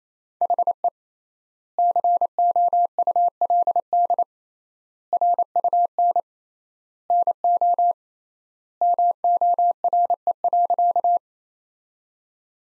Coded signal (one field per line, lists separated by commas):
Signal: Morse code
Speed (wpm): 28 wpm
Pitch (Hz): 700 Hz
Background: none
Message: HE COULD RUN NO MORE.